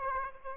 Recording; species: mosquito wingbeat signal from an infrared sensor; Aedes aegypti